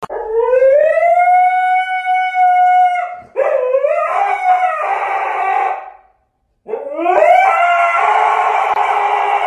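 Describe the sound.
Husky howling: a long, steady tonal howl, then wavering, yodel-like whines that rise and fall, a short silence, and another rising, strained howl.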